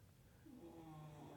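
A faint, low hum gives way about halfway through to a steady, low-pitched buzzing rattle that lasts to the end. It is a single drawn-in snore from a sleeping dog, heard in the background from across the room.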